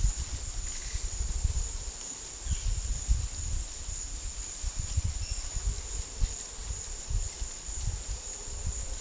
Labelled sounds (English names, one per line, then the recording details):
none
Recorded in pastures near Puerto Asís, Putumayo, Colombia, on 23 June 2025 at 14:30
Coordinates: 0.466, -76.322
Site GP07